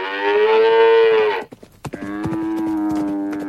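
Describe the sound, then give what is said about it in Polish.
A person imitates a cow with two long, low, steady moos, the second slightly lower and buzzier, with hollow clip-clop clicks in the gap between them and tapping on under the second. “No i chodziło nam o odgłos paszczą.”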